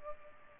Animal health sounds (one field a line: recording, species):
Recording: mosquito wingbeat signal from an infrared sensor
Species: Culex pipiens